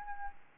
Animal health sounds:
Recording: mosquito wingbeat signal from an infrared sensor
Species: Aedes albopictus

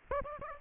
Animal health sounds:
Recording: mosquito wingbeat signal from an infrared sensor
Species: Aedes aegypti

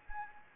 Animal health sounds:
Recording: mosquito wingbeat signal from an infrared sensor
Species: Anopheles gambiae

